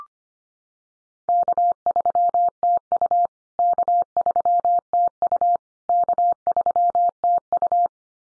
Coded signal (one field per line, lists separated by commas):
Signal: Morse code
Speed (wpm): 25 wpm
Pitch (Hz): 700 Hz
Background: none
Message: K3TU K3TU K3TU